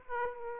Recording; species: mosquito wingbeat signal from an infrared sensor; Aedes aegypti